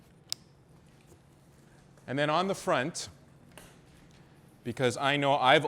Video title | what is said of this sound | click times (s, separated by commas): Natural Light VS Studio Strobes | and then lock it off. | 0.3 s